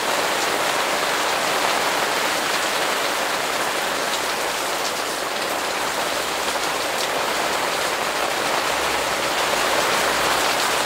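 Summer rain falls steadily in a garden, a dense, even hiss of countless drops that stays at the same level throughout. The sound is bright and crackling, with faint patters and taps scattered through it and no thunder heard in this stretch.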